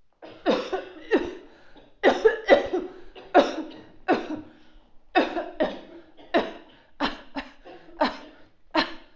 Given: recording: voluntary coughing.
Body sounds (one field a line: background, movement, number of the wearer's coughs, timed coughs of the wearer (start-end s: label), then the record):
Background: a bystander coughing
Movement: walking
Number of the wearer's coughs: 13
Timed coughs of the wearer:
0.44-0.82 s: cough
1.10-1.44 s: cough
2.01-2.41 s: cough
2.46-2.95 s: cough
3.32-3.66 s: cough
4.06-4.58 s: cough
5.13-5.49 s: cough
5.57-5.78 s: cough
6.31-6.57 s: cough
6.98-7.27 s: cough
7.27-7.63 s: cough
7.98-8.29 s: cough
8.72-9.03 s: cough
From the record:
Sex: female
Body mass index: 21.8 kg/m2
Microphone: on the chest, facing outward